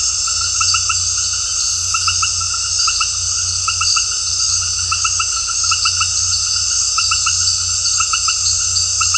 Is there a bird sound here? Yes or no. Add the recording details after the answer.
no. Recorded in dense forest near Puerto Asís, Putumayo, Colombia, on 8 March 2025 at 19:00. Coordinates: 0.468, -76.322. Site GP01